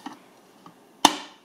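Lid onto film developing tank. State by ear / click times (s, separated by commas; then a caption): seated / 1.0 s. A plastic lid, not the funnel lid, is twisted onto a film developing tank inside a changing bag, with faint soft ticks at about 0.1 s and 0.7 s. A sharp, bright click at 1.1 s rings out briefly as the lid seats home, leaving the tank light-tight.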